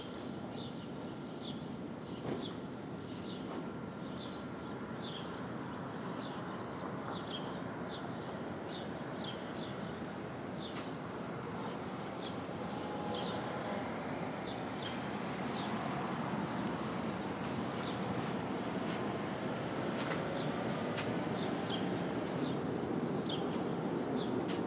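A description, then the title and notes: A Brooklyn dawn: a steady low roar of traffic or a passing train fills the whole 25 seconds, swelling slightly louder toward the end. High bird chirps repeat regularly through the first half, and scattered sharp ticks appear later. Brooklyn Dawn. Street Traffic, Open Air II.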